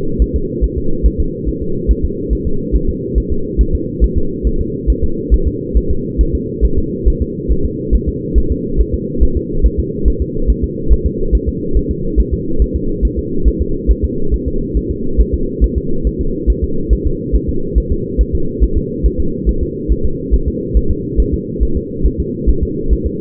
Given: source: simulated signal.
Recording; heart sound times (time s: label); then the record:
fetal heart sounds
0.22 s: S1
0.36 s: S2
0.64 s: S1
0.78 s: S2
1.06 s: S1
1.20 s: S2
1.49 s: S1
1.62 s: S2
1.91 s: S1
2.05 s: S2
2.33 s: S1
2.47 s: S2
2.75 s: S1
2.89 s: S2
3.18 s: S1
3.32 s: S2
3.61 s: S1
3.75 s: S2
4.04 s: S1
4.18 s: S2
4.47 s: S1
4.61 s: S2
4.90 s: S1
5.04 s: S2
5.34 s: S1
5.48 s: S2
5.77 s: S1
5.91 s: S2
6.21 s: S1
6.35 s: S2
6.65 s: S1
6.79 s: S2
7.08 s: S1
7.22 s: S2
7.52 s: S1
7.65 s: S2
7.95 s: S1
8.09 s: S2
8.38 s: S1
8.52 s: S2
8.81 s: S1
8.94 s: S2
9.23 s: S1
9.37 s: S2
9.66 s: S1
9.80 s: S2
10.08 s: S1
10.22 s: S2
10.50 s: S1
10.64 s: S2
10.92 s: S1
11.06 s: S2
11.35 s: S1
11.49 s: S2
11.77 s: S1
11.91 s: S2
12.20 s: S1
12.33 s: S2
12.62 s: S1
12.76 s: S2
13.05 s: S1
13.19 s: S2
13.48 s: S1
13.62 s: S2
13.91 s: S1
14.05 s: S2
14.34 s: S1
14.48 s: S2
14.77 s: S1
14.91 s: S2
15.20 s: S1
15.34 s: S2
15.64 s: S1
15.78 s: S2
16.07 s: S1
16.21 s: S2
16.50 s: S1
16.64 s: S2
16.93 s: S1
17.07 s: S2
17.35 s: S1
17.49 s: S2
17.78 s: S1
17.92 s: S2
18.21 s: S1
18.35 s: S2
18.64 s: S1
18.78 s: S2
19.06 s: S1
19.20 s: S2
19.49 s: S1
19.63 s: S2
19.92 s: S1
20.06 s: S2
20.34 s: S1
20.48 s: S2
20.77 s: S1
20.91 s: S2
21.20 s: S1
21.34 s: S2
21.63 s: S1
21.77 s: S2
22.06 s: S1
22.20 s: S2
22.50 s: S1
22.63 s: S2
22.93 s: S1
23.06 s: S2
From the record:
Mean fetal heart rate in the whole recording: 140 bpm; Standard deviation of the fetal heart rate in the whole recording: 2 bpm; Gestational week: 34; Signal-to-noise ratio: -8.1 dB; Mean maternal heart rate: 72 bpm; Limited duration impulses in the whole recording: absent